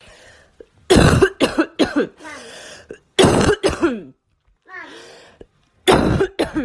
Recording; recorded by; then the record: voluntary cough; messaging app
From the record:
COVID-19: positive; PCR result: self-reported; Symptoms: no